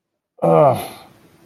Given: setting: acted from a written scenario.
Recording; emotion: vocal sound without words; pain